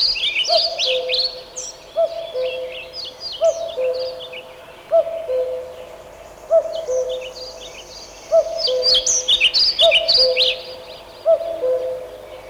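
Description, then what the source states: Common Cuckoo song, a two-note falling cu-coo repeated about every one and a half seconds, with other small birds chirping and trilling high above. Its famous 'ку-ку' song, in a forest.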